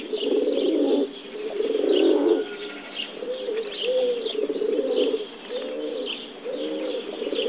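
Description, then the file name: Rock pigeon coos: low, burbling, rolling coos repeated in swelling phrases. Domestic pigeon. "Holub domaci Columbia livia"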